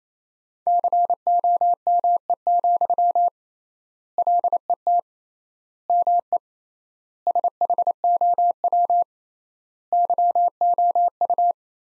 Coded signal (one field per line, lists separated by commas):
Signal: Morse code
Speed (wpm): 28 wpm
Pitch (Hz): 700 Hz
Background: none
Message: COME, LET ME SHOW YOU